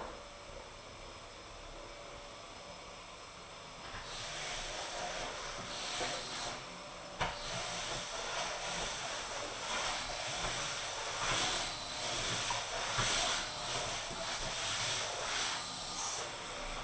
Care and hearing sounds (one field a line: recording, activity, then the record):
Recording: daily activity, microphone in the room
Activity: vacuum cleaning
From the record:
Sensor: 5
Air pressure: 988.8 hPa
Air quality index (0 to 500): 236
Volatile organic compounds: 200 ppm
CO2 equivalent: 4213 ppm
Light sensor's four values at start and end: 39/125/48/51 and 39/123/47/51